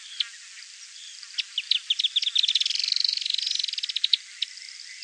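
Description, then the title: Firewood-gatherer calls: dry chattering notes that quicken into a dense rattling trill, with overlapping high notes and isolated clicks around it. "LuckyPassaro Completos2Sama. Firewood-gatherer (Anumbius annumbi)"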